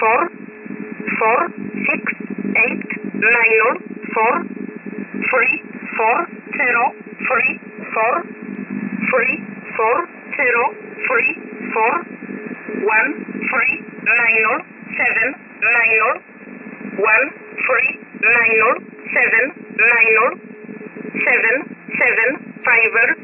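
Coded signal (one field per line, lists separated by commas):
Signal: numbers station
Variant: E11 Oblique, English digits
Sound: voice reading single digits in English at a steady rhythm over radio hiss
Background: radio static, low hum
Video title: 5082kHz USB Polish Number Stationn E11 calling 974 (Feb 11, 2026)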